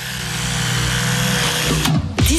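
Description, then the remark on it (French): An Oral-B Pro 750 electric toothbrush buzzes loudly and steadily with a rich, droning motor hum, then stutters and shifts pitch briefly near the end before resuming. No one speaks. “19,99€, c'est le prix de notre brosse à dents électrique Oral-B Pro 750 et de son étui de voyage”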